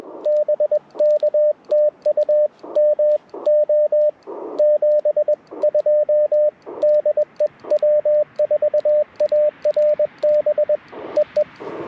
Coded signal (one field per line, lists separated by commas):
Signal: Morse code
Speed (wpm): 21 wpm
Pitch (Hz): 600 Hz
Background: radio noise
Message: BK TU MO 72 DE W4ARB EE